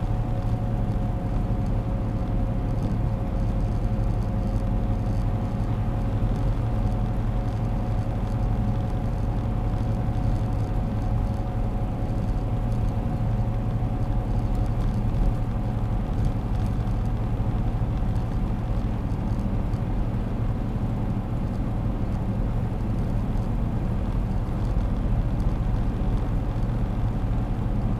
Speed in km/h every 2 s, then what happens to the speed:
104, 105, 106, 106, 106, 106, 107, 107, 108, 108, 108, 108, 108, 107.
0-28 steady at about 107.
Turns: none.